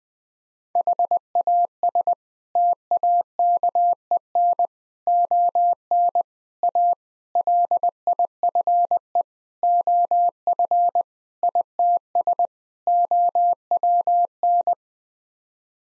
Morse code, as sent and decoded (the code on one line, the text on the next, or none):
.... .- ... / - .- -.- . -. / --- -. / .- / .-.. .. ..-. . / --- ..-. / .. - ... / --- .-- -.
HAS TAKEN ON A LIFE OF ITS OWN